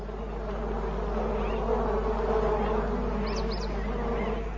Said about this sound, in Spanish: Intenta beber de un pozo, pero está lleno de abejas.